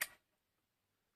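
An internal plastic part slides into the housing of a Bosch hand mixer on its own during reassembly, before it is pushed. It seats at 0.0 s with a single short, sharp knock that fades within about 0.2 s, followed by near silence.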